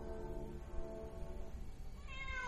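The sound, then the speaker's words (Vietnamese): Several wild cats yowl and wail chaotically in overlapping, drawn-out cries, a low tonal moan giving way to a higher, rising screech near the end, over a steady rumbling background. “Lúc này tiếng kéo dài hỗn loạn kêu lên.”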